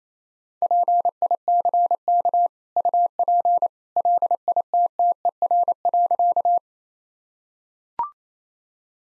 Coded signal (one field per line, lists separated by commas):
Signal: Morse code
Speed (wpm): 28 wpm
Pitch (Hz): 700 Hz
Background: none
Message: PICK UP LITTER.